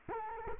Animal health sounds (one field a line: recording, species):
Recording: mosquito wingbeat signal from an infrared sensor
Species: Culex quinquefasciatus